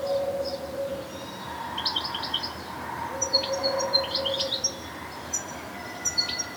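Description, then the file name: European goldfinch calls, short bursts of bright, tinkling chirps in scattered clusters, with a faint low tone at times behind. "Carduelis carduelis"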